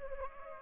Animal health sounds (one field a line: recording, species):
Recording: mosquito wingbeat signal from an infrared sensor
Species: Culex pipiens